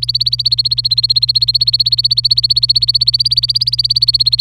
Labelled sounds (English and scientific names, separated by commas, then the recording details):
Domestic Canary (Serinus canaria) song
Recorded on 26 April 2018 at 10:53
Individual llb3